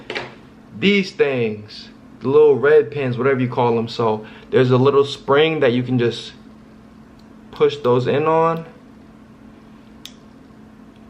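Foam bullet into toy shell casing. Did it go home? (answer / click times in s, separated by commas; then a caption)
no / none. A person handles a small red soft foam bullet and a plastic toy shell casing with a little spring inside, getting ready to push the bullet into the casing. Someone talks through most of the clip, and a faint tick is heard near 10.1 s. The bullet has not clicked into the casing yet.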